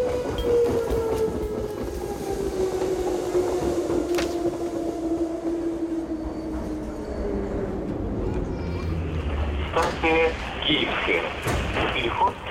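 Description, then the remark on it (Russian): A metro train carriage rumbles and rattles steadily along the rails, a drawn-out motor whine slowly falling in pitch, with louder clanks and metallic clatter toward the end. “Сидя в вагоне, листает журнал.”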